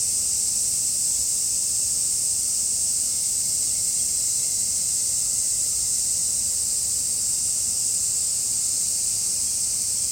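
A dense chorus of cicadas keeps up a bright, unbroken hiss at a steady level throughout, over a faint low rumble.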